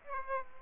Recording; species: mosquito wingbeat signal from an infrared sensor; Aedes aegypti